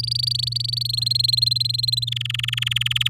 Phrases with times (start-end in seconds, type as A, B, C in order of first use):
0.03-0.83 A, 0.85-2.05 B, 2.07-3.08 C